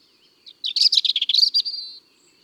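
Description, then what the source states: European robin song, a single fast tumbling phrase of high, twittering notes ending in a drawn-out thin whistle, preceded by one soft note. Recorded in January.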